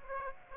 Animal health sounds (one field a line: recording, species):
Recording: mosquito wingbeat signal from an infrared sensor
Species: Aedes aegypti